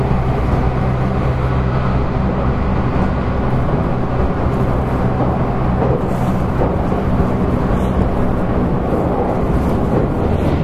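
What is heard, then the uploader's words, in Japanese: Running sound of a 811 series electric train, a steady dense low rumble and roar, unchanging throughout. JR九州811系電車の走行音です。鹿児島線の快速列車にて、収録しました。区間は、折尾から香椎までです。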